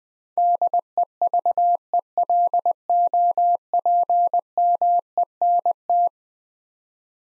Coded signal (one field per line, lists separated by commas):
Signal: Morse code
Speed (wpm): 20 wpm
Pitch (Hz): 700 Hz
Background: none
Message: DEVELOPMENT